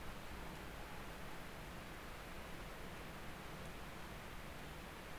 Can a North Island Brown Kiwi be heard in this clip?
no